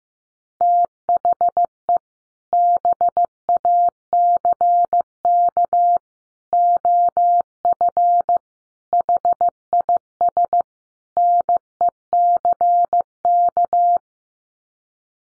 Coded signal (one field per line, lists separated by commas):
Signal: Morse code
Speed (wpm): 15 wpm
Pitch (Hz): 700 Hz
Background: none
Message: THE BACK OF HIS NECK